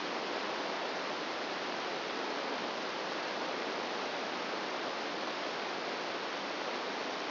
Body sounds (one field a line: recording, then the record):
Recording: brain microelectrode recording played as sound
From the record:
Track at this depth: outside the subthalamic nucleus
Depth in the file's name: -0.909 mm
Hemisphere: right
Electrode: 2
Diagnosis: Parkinson's disease